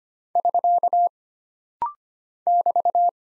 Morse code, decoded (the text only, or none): <SK> <BT>